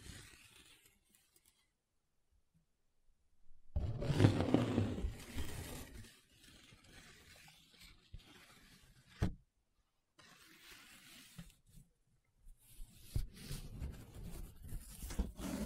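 Paper being rubbed and scratched in bursts. After a near-silent opening, a loud, rough rubbing swells around the fourth second and fades, then shorter scratchy passes follow with gaps, including a sharp scrape near nine seconds and busier, uneven rubbing toward the end.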